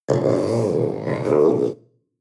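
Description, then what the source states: Panther grunt: a single deep, rasping, growling vocalisation lasting under two seconds, steady in strength before cutting off abruptly. Young animal; deep grunt.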